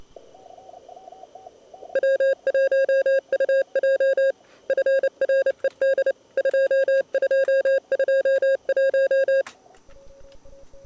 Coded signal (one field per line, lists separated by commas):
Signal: Morse code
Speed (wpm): 25 wpm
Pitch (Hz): 530 Hz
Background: none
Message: W1UJ FRED 2221